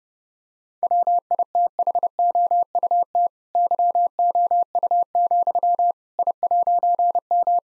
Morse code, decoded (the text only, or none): WITHOUT YOU, I'M